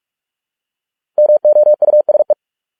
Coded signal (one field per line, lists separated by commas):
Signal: Morse code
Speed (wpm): 46 wpm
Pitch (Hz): 600 Hz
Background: none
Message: MOUSE